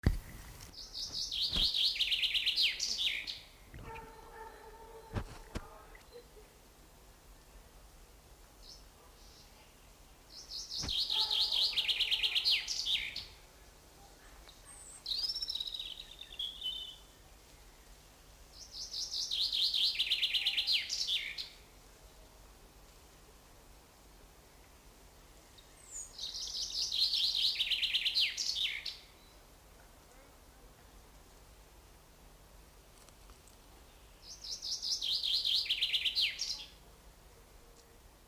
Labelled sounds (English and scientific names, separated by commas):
Common Chaffinch (Fringilla coelebs) song